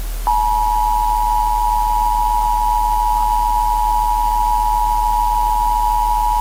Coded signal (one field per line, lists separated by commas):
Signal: Emergency Alert System (SAME) tones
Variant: 853 and 960 Hz attention tone